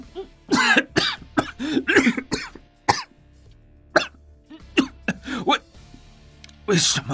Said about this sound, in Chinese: 任意激动的就要从床上下来，身体却无力的往床下栽去。郑培眼疾手快的扶住了他，将他按回了床上，看着他咳嗽不止。